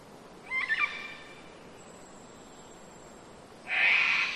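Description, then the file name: Cockatoo screech, a loud harsh raspy burst near the end, preceded by a few short chirping notes from another bird. Mainly cockatoos, close by, among birds in rainforest in Queensland, Australia, early spring. "zapsplat nature rainforest ambience wind trees birds mainly cockatoos close by early spring qld australia"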